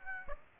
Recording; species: mosquito wingbeat signal from an infrared sensor; Aedes aegypti